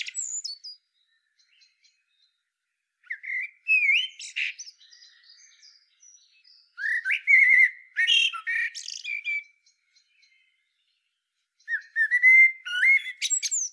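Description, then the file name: Common blackbird singing three phrases after the tail of an earlier one, each starting with mellow whistles and then tumbling into busy high-pitched chatter. "Turdus merula"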